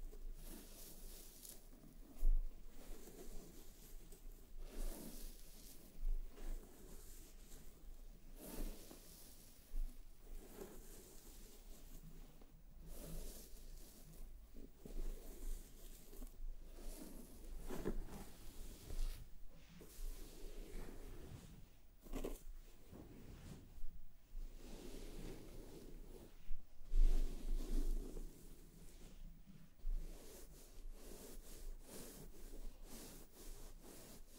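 Scalp massage and hair brushing make soft, uneven rustling and scratchy strokes that come and go irregularly, with occasional sharper taps and brief bumps.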